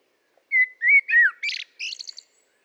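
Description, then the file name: Common blackbird song: a few clear, rounded whistles, one sliding downward, then a quick high chattering flourish. "Turdus merula"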